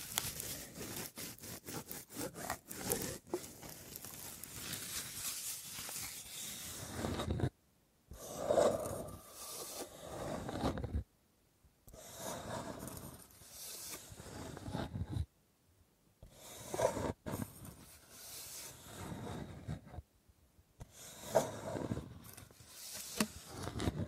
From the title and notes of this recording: ASMR Simply Relaxing Wood Triggers for Sleep New Mic Test Tascam Portacapture X8 (No Talking).